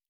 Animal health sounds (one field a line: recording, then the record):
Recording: hydrophone in a shrimp aquaculture tank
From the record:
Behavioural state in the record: normal